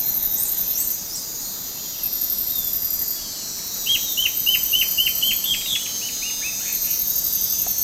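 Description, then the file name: Bird producing a quick, even run of roughly a dozen short downslurred notes midway, against a continuous high insect drone. "SABIOD 50 bird 2015"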